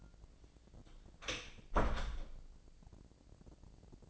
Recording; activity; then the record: daily activity, microphone in the room; close door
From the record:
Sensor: 5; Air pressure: 1012.4 hPa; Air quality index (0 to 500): 160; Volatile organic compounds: 2 ppm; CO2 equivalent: 1088 ppm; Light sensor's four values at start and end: 235/572/239/262 and 231/560/235/257